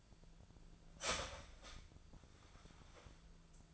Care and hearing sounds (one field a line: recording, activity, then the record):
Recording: daily activity, microphone in the room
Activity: start toaster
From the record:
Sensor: 5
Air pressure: 1009.5 hPa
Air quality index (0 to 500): 168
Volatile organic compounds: 4 ppm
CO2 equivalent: 1626 ppm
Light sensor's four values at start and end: 91/241/98/104 and 91/241/98/104